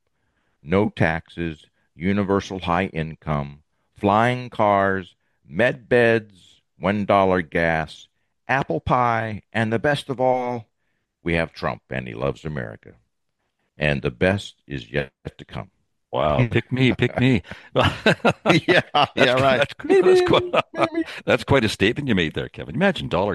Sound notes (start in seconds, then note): 16.2 laughs; 19.9 laughs